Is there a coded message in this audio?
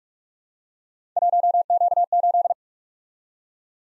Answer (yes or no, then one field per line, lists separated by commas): yes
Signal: Morse code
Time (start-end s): 1.2-2.5 s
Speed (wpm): 44 wpm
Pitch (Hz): 700 Hz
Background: none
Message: 1Q8